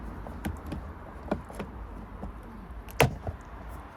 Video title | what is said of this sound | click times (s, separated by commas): How to remove and refit wing mirror glass WITHOUT BREAKING ANYTHING (any car!) | and sort of pry towards us, and you'll hear it clicking. | 3.0 s